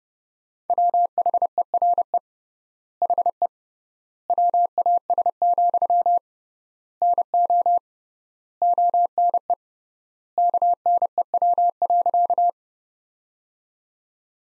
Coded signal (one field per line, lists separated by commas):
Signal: Morse code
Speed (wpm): 30 wpm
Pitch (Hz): 700 Hz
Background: none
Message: WHERE HE WAS, NO ONE KNEW.